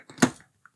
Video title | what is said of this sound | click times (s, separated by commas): This Currys BLENDER/MIXER thing was sent to my PO Box - Can I FIX it? | And then it locks into place. Like that. | 0.2 s